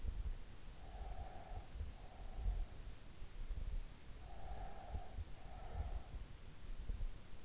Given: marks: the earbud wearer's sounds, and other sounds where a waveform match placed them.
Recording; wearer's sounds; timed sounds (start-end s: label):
sounds in sleep by an in-ear microphone; breath
0.86-2.93 s: breath
4.17-6.16 s: breath